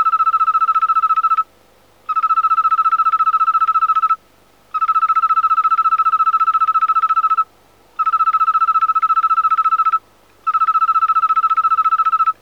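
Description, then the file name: Italian tree cricket song, slowed down: long trains of evenly pulsed, tonal chirping repeated in five bursts, each separated by a short half-second pause. Slowed to quarter speed. "Oecanthus pelluscens"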